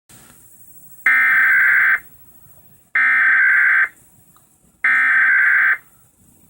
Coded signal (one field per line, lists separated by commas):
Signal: Emergency Alert System (SAME) tones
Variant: header bursts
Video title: National Emergency Alert Testing For The United States